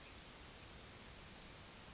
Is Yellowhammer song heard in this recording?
no